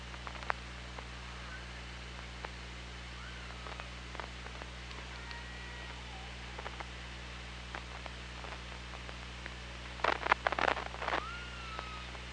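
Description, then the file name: Killer whale calls, faint rising and falling tonal sweeps scattered through, with a clearer arched call near the end over a steady low hum, sharp clicks and a loud crackling burst. Recorded on the OrcaLab hydrophone on 24 August 2017 at 16:01:42. "Orca Lab UTLN JASON 20170824 160142"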